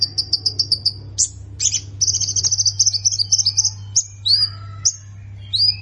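Plain prinia giving quick repeated high notes, breaking into a varied chattering run and some rising slurred calls, with a constant low hum behind.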